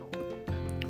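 A stomach growl (borborygmi) from an adult's abdomen: a low rumbling gurgle, shortly after having just eaten.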